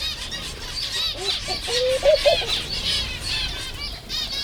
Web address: allathangok jaszberenyizoo 2016 madarak tobbfelemadar feherkezugibbonis 04 30